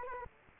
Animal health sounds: mosquito wingbeat signal from an infrared sensor; Culex quinquefasciatus

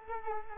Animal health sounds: mosquito wingbeat signal from an infrared sensor; Culex quinquefasciatus

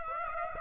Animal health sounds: mosquito wingbeat signal from an infrared sensor; Aedes aegypti

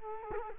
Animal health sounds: mosquito wingbeat signal from an infrared sensor; Culex quinquefasciatus

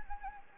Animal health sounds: mosquito wingbeat signal from an infrared sensor; Anopheles gambiae

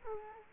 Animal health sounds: mosquito wingbeat signal from an infrared sensor; Culex quinquefasciatus

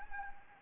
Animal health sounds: mosquito wingbeat signal from an infrared sensor; Anopheles arabiensis

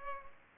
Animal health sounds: mosquito wingbeat signal from an infrared sensor; Culex pipiens

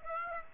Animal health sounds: mosquito wingbeat signal from an infrared sensor; Aedes aegypti

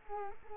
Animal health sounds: mosquito wingbeat signal from an infrared sensor; Culex quinquefasciatus

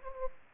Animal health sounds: mosquito wingbeat signal from an infrared sensor; Anopheles gambiae

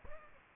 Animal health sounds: mosquito wingbeat signal from an infrared sensor; Aedes aegypti

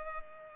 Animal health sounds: mosquito wingbeat signal from an infrared sensor; Culex pipiens

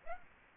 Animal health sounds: mosquito wingbeat signal from an infrared sensor; Aedes aegypti

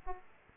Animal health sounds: mosquito wingbeat signal from an infrared sensor; Aedes aegypti

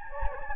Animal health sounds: mosquito wingbeat signal from an infrared sensor; Anopheles gambiae

